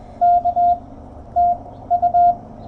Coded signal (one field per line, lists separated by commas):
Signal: Morse code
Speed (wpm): 20 wpm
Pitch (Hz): 700 Hz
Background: none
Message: K TU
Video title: POTA in CW at K-3792 29Sep2023